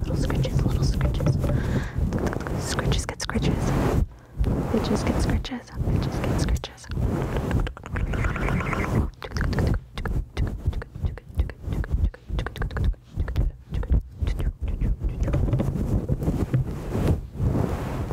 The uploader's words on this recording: ASMR Head Scratchies! Different Mic Covers.